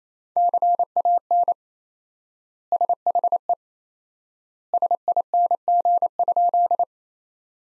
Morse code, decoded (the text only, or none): CAN SHE SING?